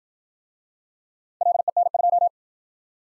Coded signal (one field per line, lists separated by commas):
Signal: Morse code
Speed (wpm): 53 wpm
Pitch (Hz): 700 Hz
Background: none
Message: LEN2